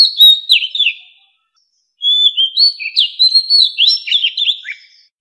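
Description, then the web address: White-rumped shama singing two bursts of bright, fluty whistles mixed with quick twittering notes, separated by a pause of almost a second. White-rumped shama song as a ringtone, used as a lure for bird trapping. "tieng chim Chich Choe. tieng chich choe lua hot keu bay moi"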